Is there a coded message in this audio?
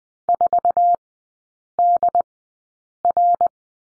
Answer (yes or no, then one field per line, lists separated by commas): yes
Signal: Morse code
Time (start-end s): 0.3-3.5 s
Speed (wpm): 20 wpm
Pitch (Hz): 700 Hz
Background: none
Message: 4DR